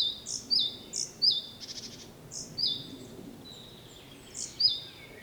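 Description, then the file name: Great tit calling with paired high notes, a high blip followed by a twisted descending note, repeated a few times, with a brief buzzy burst midway. "Parus major"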